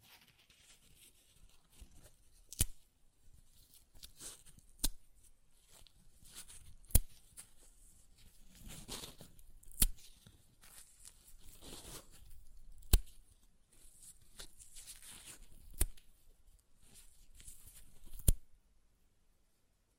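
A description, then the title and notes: Paper is being ripped and torn in a series of short, crackling strokes. Bright, papery rustles swell and fade across the whole twenty seconds, broken by sharp snapping clicks roughly every two to three seconds. Between tears there are soft, quieter crinkles. ASMR Paper Ripping Tearing Sounds (No Talking).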